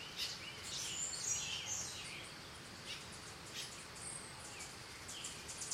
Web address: Big Room Sound Birds Crickets Costa Rica Morning Distant Monkeys